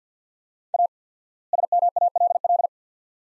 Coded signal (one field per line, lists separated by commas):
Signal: Morse code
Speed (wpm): 50 wpm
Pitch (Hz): 700 Hz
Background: none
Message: A SMALL